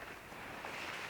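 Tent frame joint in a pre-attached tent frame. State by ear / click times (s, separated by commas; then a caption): not seated / none. A frame joint on the pre-attached frame of a Coleman Instant 6 Person Tent is handled while being worked toward its lock. Only steady broadband, wind-like noise is heard, with no distinct pop. Nothing has seated or clicked yet.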